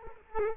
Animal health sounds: mosquito wingbeat signal from an infrared sensor; Culex quinquefasciatus

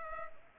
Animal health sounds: mosquito wingbeat signal from an infrared sensor; Culex pipiens

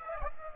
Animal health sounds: mosquito wingbeat signal from an infrared sensor; Aedes aegypti

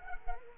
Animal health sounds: mosquito wingbeat signal from an infrared sensor; Culex quinquefasciatus

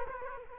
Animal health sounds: mosquito wingbeat signal from an infrared sensor; Aedes aegypti

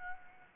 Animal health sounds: mosquito wingbeat signal from an infrared sensor; Anopheles gambiae

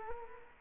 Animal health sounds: mosquito wingbeat signal from an infrared sensor; Culex quinquefasciatus

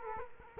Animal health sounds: mosquito wingbeat signal from an infrared sensor; Culex quinquefasciatus

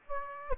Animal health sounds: mosquito wingbeat signal from an infrared sensor; Aedes aegypti

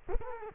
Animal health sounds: mosquito wingbeat signal from an infrared sensor; Culex quinquefasciatus

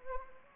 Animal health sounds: mosquito wingbeat signal from an infrared sensor; Anopheles gambiae

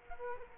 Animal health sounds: mosquito wingbeat signal from an infrared sensor; Culex quinquefasciatus

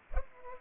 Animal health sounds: mosquito wingbeat signal from an infrared sensor; Culex pipiens

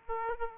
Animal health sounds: mosquito wingbeat signal from an infrared sensor; Aedes aegypti

